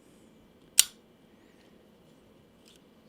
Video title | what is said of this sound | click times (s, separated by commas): M1 Garand...The Original King Of Semi Auto Rifles! | how that just locks into place and that's | 0.8 s